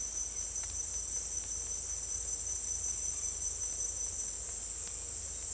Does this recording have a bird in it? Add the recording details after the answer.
no. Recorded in dense forest near Puerto Asís, Putumayo, Colombia, on 22 December 2024 at 08:30. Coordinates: 0.482, -76.320. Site G021